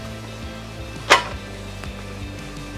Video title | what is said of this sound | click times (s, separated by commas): Brisket Cream Cheese or Jalapeno Cheese | it in snap back in again if you want to release it | 1.1 s